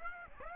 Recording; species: mosquito wingbeat signal from an infrared sensor; Aedes aegypti